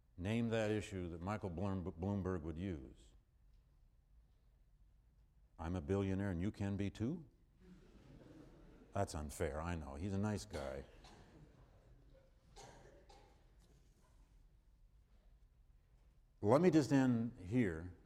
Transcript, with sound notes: Name that issue that Michael Bloomberg would use. I’m a billionaire and you can be too? [laughter] That’s unfair. I know, he’s a nice guy. Let me just end here